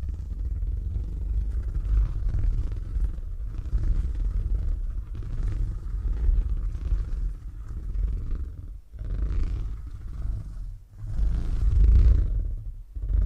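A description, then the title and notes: A cat purrs in a low, continuous rumble that sits mostly in the bottom range, with a soft raspy texture above it. The purr swells and eases in slow cycles, with brief breaks near 9 and 11 seconds and a stronger surge around 12 seconds. Purring Triggers.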